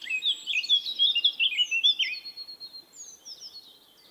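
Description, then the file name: Eurasian blackcap song, a rapid, jumbled warble of bright whistles and chattering notes, loudest in the first two seconds, then thinning into high, sliding phrases. "Sylvia atricapilla"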